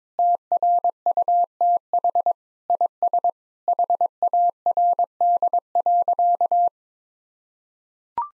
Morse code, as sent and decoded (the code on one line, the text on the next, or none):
- .-. ..- - .... / .. ... / .... .- .-. -.. .-.-.-
TRUTH IS HARD.